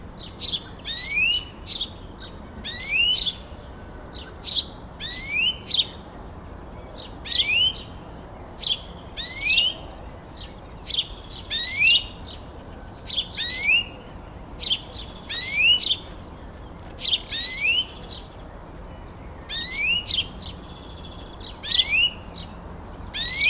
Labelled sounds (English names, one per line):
European Greenfinch call